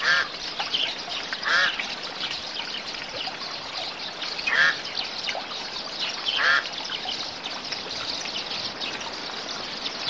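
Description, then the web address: Birds calling in a dense, twittering chorus, with loud harsh calls standing out near 1.5, 4.6 and 6.5 seconds above the steady high chatter. "animali uccelli uccelli birds"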